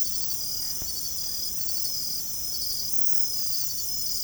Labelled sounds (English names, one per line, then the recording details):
none
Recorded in secondary vegetation near Puerto Asís, Putumayo, Colombia, on 21 December 2024 at 23:00
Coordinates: 0.468, -76.324
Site G095